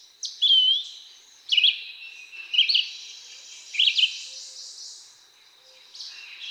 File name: Red-eyed Vireo